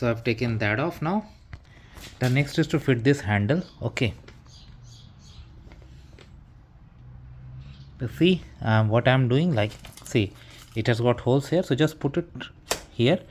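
Someone talks while handling the handle of a Maizoa foldable wagon stroller, lining up its mounting holes with the wagon's front mount, with a sharp tick near 1.5 s and faint knocks around 5.7 s and 6.2 s between the talking. Nothing has been pushed home or clicked into place yet.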